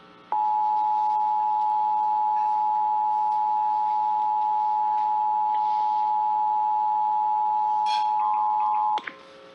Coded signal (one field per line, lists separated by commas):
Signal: Emergency Alert System (SAME) tones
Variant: 853 and 960 Hz attention tone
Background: music